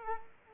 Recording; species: mosquito wingbeat signal from an infrared sensor; Culex quinquefasciatus